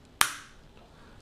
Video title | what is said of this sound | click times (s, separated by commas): DJI Mavic Pro Unboxing | they just lock into place and then | 0.2 s